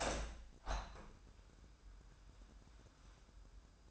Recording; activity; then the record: daily activity, microphone in the room; open window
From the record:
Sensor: 2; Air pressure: 998.4 hPa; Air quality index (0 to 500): 151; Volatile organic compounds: 5 ppm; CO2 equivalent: 1715 ppm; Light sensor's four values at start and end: 13/32/14/15 and 14/33/14/16